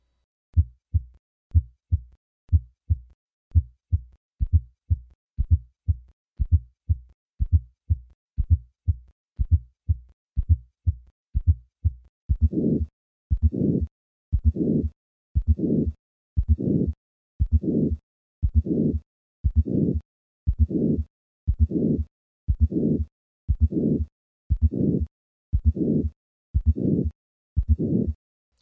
Hypertrophic Cardiomyopathy. The murmur of hypertrophic cardiomyopathy becomes louder with maneuvers that decrease left ventricular volume, such as standing, and softens with maneuvers that increase left ventricular volume, like squatting.